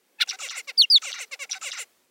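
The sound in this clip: Zebra finch song: a quick run of buzzy, harsh notes broken by two clear whistled notes that slide downward in the middle, lasting under two seconds.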